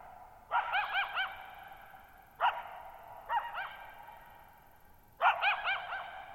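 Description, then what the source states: Coyote giving quavering, wavering yips in four clusters, voice bending up and down, with echoes ringing after each burst. Lone coyote at night, July 14, 2019, near Thirtymile Meadows, Okanogan National Forest, Okanogan High Country, Pacific Northwest, 6400 ft; tall mountains on a high, mostly dry plateau, shallow bowl-shaped meadow, boggy ground.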